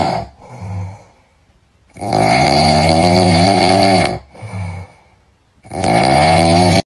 Cat snoring.